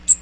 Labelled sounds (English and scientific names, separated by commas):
Magnolia Warbler (Setophaga magnolia) flight call